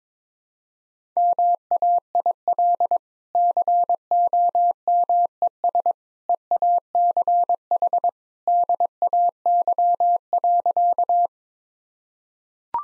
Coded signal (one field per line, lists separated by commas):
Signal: Morse code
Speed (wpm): 22 wpm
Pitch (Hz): 700 Hz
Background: none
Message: MAIL COMES EACH DAY.